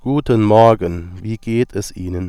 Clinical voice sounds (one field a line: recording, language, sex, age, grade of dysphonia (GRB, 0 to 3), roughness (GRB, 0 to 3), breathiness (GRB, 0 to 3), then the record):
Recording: spoken sentence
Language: German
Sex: male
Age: 40 to 49 years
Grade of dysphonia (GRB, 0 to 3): 0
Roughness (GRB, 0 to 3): 0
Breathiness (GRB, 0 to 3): 0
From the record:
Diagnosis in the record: healthy voice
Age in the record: 40 years